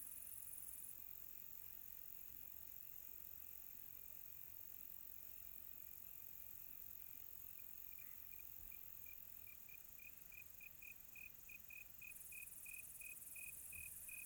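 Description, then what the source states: Cricket chirps emerge halfway through, faint at first then growing clearer, short high pulses several per second, over a very high steady hum and soft hiss. Quiet tropical night.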